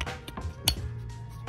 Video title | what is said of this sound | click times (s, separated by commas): MSI GE75 Raider Review 2021 RTX 2070 intel Core i7-10750H Gaming laptop Full Review | you just push it down like that and then the arms actually snap into place that's | 0.7 s